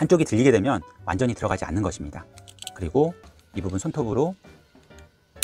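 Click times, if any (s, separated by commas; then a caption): 5.4 s. Someone talks while fitting a plastic prescription lens clip, a thinlight inner frame, into the frame of HILX Youngblood sport sunglasses goggles, pushing its edge in with a fingernail. A sharp click at 5.4 seconds marks the clip snapping into the goggle frame and seating.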